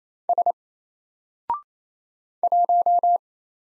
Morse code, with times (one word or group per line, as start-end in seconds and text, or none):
0.3-0.5 S
2.4-3.2 1